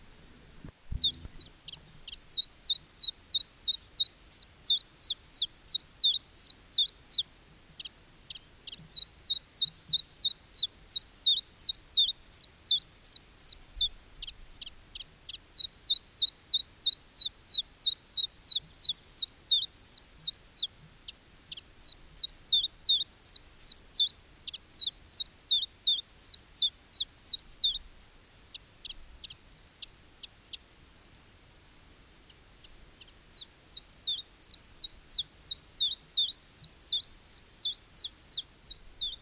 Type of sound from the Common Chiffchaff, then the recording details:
song. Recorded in the wild. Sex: male. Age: adult. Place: Heroldsbach, Bayern, DE. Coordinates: 49.6836, 10.99. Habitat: forest. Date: 1967-04-01. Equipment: Original, Vollspur. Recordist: Tretzel, Erwin